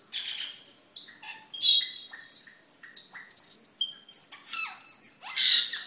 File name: camperling omkicau